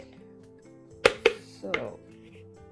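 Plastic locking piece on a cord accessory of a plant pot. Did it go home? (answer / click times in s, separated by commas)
yes / 1.1 s, 1.3 s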